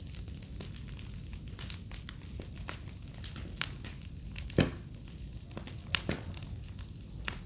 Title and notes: Fogueira, grilos e estalar do fogo - Bonfire, crickets, firecrackling. Ouça ao estalar do fogo e uma sinfonia de grilos em uma noite de outono. Vila em meio a Mata Atlântica